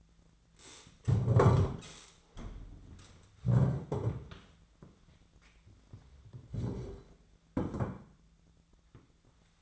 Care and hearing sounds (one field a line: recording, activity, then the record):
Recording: daily activity, microphone in the room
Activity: stand up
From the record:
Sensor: 3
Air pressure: 1008.2 hPa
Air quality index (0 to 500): 191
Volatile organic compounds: 14 ppm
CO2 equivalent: 2456 ppm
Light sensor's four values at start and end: 13/30/13/13 and 14/32/14/14